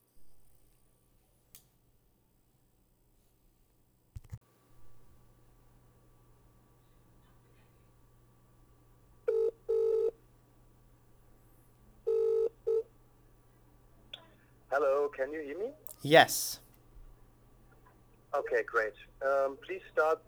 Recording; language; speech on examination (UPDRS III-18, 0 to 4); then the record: text read into a phone; English; 0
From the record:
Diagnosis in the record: healthy control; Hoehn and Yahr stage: 0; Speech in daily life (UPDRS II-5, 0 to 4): 0